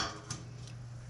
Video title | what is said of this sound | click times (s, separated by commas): Antique Demonstrations Episode 7! 1886 South Bend Grass Seeder! | when it gets full bring it back up and it'll click into place | 0.3 s